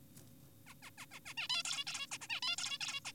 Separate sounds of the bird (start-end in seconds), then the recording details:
0.67-0.74, 0.83-0.90, 0.98-1.06, 1.12-1.20, 1.26-1.34, 1.38-1.48, 1.50-1.63, 1.65-1.84, 1.87-2.07, 2.12-2.18, 2.21-2.27, 2.30-2.40, 2.42-2.56, 2.58-2.78, 2.81-3.00, 3.05-3.12. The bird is an adult. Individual g4p5U